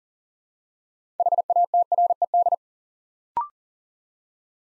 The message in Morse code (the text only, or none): HATRED